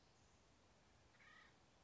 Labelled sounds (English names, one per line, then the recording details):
Acorn Woodpecker
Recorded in Sonoma County, California